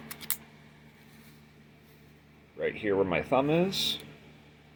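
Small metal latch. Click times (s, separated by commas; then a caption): 0.3 s. The folding pocket-clip grip on a small NAA .22 LR/Magnum-cylinder revolver with a custom grip is swung open into its locked position on the frame, with a faint tick at 0.1 s and then a sharp click at 0.3 s as it locks into place. After a quiet pause, someone talks from about 2.6 s.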